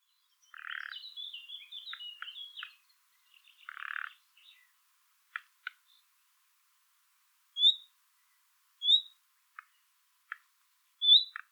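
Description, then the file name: Common nightingale giving a rattling, chattering phrase, then scattered sharp clicks and three isolated clear high whistles. "Luscinia megarhynchos"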